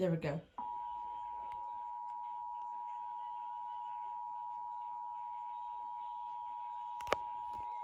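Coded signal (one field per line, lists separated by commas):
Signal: Emergency Alert System (SAME) tones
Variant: 853 and 960 Hz attention tone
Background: speech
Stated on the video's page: Monthly test.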